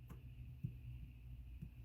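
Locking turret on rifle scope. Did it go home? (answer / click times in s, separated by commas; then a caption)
no / none. The locking turret on a SIG Tango6 3-18x44 rifle scope, dialed back to about zero, is pressed and turned to lock it, but it fails to engage. Only a low steady rumble with a few soft, muted bumps is heard. Nothing has seated or clicked yet.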